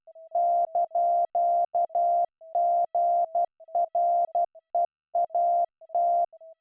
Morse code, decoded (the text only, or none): )GREAT